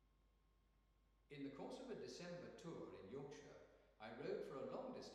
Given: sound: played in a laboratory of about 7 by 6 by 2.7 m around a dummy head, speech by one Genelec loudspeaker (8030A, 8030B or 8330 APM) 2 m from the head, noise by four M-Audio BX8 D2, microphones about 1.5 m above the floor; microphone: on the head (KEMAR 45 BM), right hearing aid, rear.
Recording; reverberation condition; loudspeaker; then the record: male speech in English; high; 120 degrees to the right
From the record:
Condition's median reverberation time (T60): about 1300 ms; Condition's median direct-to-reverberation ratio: about -4.0 dB